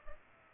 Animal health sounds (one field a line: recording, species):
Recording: mosquito wingbeat signal from an infrared sensor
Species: Culex pipiens